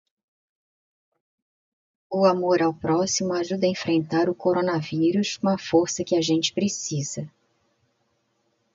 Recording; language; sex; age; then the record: spoken sentence; Brazilian Portuguese; female; 50 to 59 years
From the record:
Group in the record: control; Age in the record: 55 years